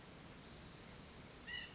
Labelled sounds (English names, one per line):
White-breasted Nuthatch